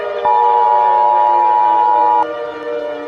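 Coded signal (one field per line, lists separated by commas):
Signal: Emergency Alert System (SAME) tones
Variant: 853 and 960 Hz attention tone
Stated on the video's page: Simulated EAS tones from a scenario.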